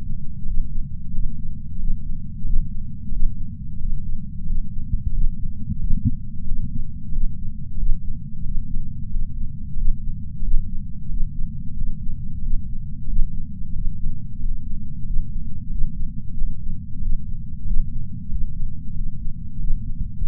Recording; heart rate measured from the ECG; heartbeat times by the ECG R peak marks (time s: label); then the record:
heart sounds by patch sensor on the chest; 91 bpm
0.45 s: heartbeat
1.12 s: heartbeat
1.78 s: heartbeat
2.44 s: heartbeat
3.10 s: heartbeat
3.78 s: heartbeat
4.45 s: heartbeat
5.11 s: heartbeat
5.78 s: heartbeat
6.45 s: heartbeat
7.11 s: heartbeat
7.76 s: heartbeat
8.43 s: heartbeat
9.09 s: heartbeat
9.75 s: heartbeat
10.41 s: heartbeat
11.08 s: heartbeat
11.75 s: heartbeat
12.41 s: heartbeat
13.06 s: heartbeat
13.73 s: heartbeat
14.38 s: heartbeat
15.04 s: heartbeat
15.69 s: heartbeat
16.35 s: heartbeat
17.00 s: heartbeat
17.64 s: heartbeat
18.29 s: heartbeat
18.94 s: heartbeat
19.58 s: heartbeat
20.22 s: heartbeat
From the record:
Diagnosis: coronary artery disease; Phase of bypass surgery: postoperative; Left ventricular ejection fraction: 63.8%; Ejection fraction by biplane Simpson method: 63.7%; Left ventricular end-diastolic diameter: 46 mm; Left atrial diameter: 36 mm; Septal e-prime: 6 cm/s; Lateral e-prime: 8.7 cm/s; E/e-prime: 11.2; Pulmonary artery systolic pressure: 20 mmHg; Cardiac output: 4.6 L/min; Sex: male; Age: 58 years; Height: 170 cm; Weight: 80 kg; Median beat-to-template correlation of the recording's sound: 0.85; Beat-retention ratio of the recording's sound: 0.99